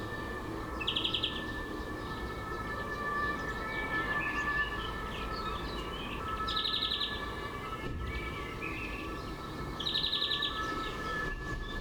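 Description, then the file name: European greenfinch giving a few sparse trilled bursts several seconds apart, with steady tonal hum and occasional clicks in the background. "Chloris chloris"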